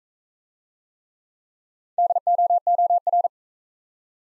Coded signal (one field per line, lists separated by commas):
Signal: Morse code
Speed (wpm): 42 wpm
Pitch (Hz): 700 Hz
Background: none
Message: DOOR